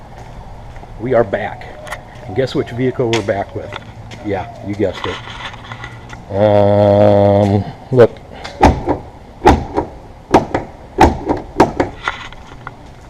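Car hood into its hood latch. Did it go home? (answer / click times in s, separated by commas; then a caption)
no / none. Someone talks, then the metal hood of a 2006 Grand Cherokee is pushed or dropped onto its hood latch several times, making loud thuds at about 8.6, 9.5, 11.0, 11.6 and 12.1 s, after a steady humming tone from about 6.3 to 7.6 s. The hood does not latch and nothing has caught, because the hood release cable is broken.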